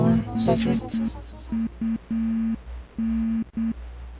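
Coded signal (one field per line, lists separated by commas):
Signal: Morse code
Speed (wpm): 8 wpm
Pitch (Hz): 230 Hz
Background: speech, music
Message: RUN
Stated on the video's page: Morse code within a fangame puzzle.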